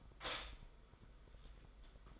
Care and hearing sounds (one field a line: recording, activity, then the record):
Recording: daily activity, microphone in the room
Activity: stop toaster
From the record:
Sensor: 5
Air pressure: 990.9 hPa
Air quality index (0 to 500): 145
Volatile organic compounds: 130 ppm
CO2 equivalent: 3926 ppm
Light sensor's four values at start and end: 38/117/45/48 and 37/116/45/47